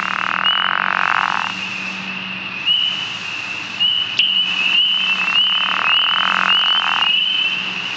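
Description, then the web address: True frogs: frog chorus with a continuous high trill and repeated lower croaking bursts, one clear click near the middle, strongest early and again toward the end. "frogs Family. Ranidae"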